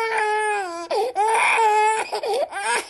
Newborn Baby cry.